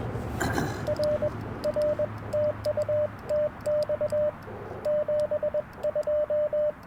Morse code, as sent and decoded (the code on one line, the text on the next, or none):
.-. / .-. / - ..- - -..- / --... ..---
R R TUTX 72